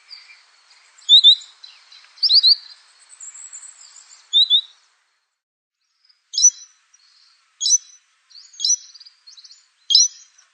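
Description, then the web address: Canary song: bright high chirps and trills in bursts, a pause, then several sharp repeated notes. "honarfardi Canary Sound"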